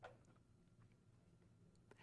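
The plastic lift-lock fasteners on a Fluval 05 Series filter canister are released to open it. Two faint snaps are heard at 0.1 s and 1.9 s over a low background hum, and the canister is unlocked.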